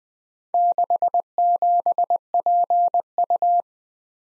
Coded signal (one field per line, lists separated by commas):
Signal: Morse code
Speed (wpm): 20 wpm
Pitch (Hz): 700 Hz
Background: none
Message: 67PU